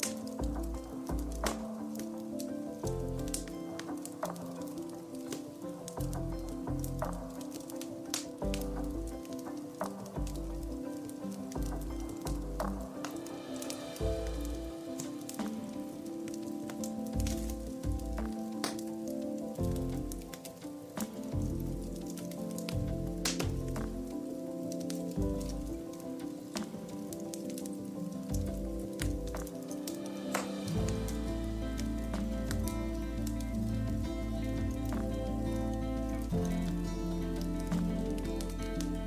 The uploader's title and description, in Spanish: Ambiente de la CHIMENEA y MÚSICA Relajante. Los sonidos relajantes de una chimenea y una música suave